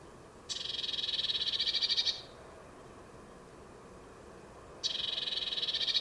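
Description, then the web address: Bird making a buzzy, rapidly pulsed churr of about one and a half seconds, followed by silence and then another churr starting. "Deverinetal 2025 File origin Bird Only Cy Ca"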